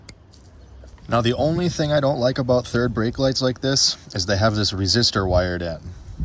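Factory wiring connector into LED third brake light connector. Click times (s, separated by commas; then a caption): 0.1 s. A factory wiring connector is pushed onto the plastic connector of an LED third brake light on a Chevy Silverado and latches with a sharp, loud click at 0.1 s, showing that it has seated. A couple of faint handling noises follow, and then someone talks from about 1.1 s to the end.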